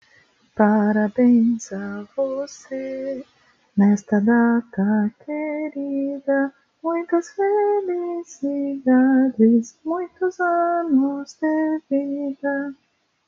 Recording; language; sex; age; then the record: short text; Brazilian Portuguese; female; 30 to 39 years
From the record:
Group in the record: control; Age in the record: 36 years